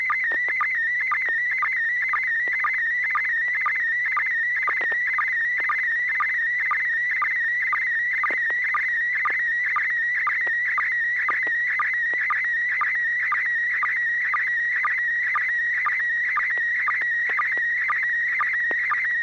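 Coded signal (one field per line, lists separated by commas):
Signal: SSTV (slow-scan television)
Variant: PD120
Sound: warbling high tone near 2 kHz with short low chirps about twice a second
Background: low steady hum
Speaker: roger here goes uh first off let's make sure i got [Applause] vd-120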